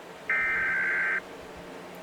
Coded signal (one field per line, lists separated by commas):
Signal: Emergency Alert System (SAME) tones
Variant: header bursts